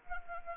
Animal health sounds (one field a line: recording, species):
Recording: mosquito wingbeat signal from an infrared sensor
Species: Anopheles arabiensis